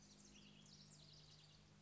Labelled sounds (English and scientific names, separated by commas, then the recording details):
House Wren (Troglodytes aedon)
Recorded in Sonoma County, California